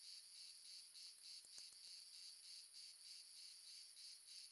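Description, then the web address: Several crickets giving high, rhythmic pulsed chirps about three per second, an even overlapping chorus with a few soft ticks. Several crickets, ambience recorded in the south of France. "sonniss gdc audio. amb crickets multiple south france"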